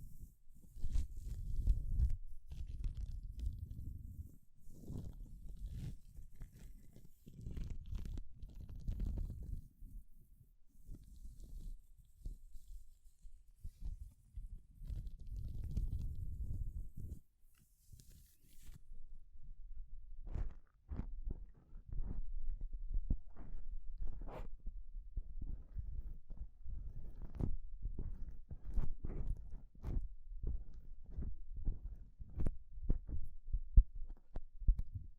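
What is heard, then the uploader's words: Gloves rubbed, first as soft, muffled swells of low rubbing for about seventeen seconds. After a brief pause the sound turns into dense, irregular crinkles and sharp little snaps that continue to the end, some louder than others. ASMR 1 HOUR of Gloves Sounds for People who want tingles (No Talking).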